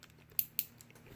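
Plastic wings on a Transformers Prime Beast Hunters Voyager Optimus Prime action figure are folded down into the back of the torso to lock the back section in place. Two sharp plastic clicks sound at 0.4 s and 0.6 s, with fainter handling ticks around them. The wings click into place and are seated.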